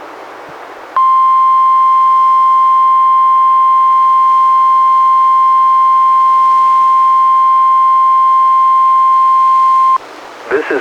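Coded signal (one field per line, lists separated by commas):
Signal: Emergency Alert System (SAME) tones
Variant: 1050 Hz attention tone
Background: speech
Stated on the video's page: Monthly test issued instead of the weekly test, relayed by an NWR station, recorded directly from a Reecom R-1630 weather radio via a Zoom H1 recorder.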